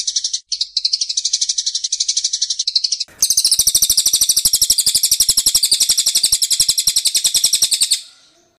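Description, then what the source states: Bird song, a fast, continuous chatter of high, rattling notes repeated about four per second, with a brief break, then a louder dense trill until it stops. Masteran training recording.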